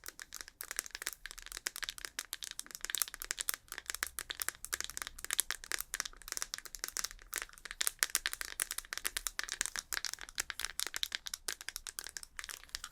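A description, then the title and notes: Fast, aggressive ASMR makeup sounds: dense, rapid crinkling and crackling taps layered over one another with almost no pauses. The bright, papery clicks come in quick irregular bursts throughout, with a faint low hum underneath. ASMR Doing Your MINT Makeup (Fast & Aggressive Layered Sounds) NO TALKING.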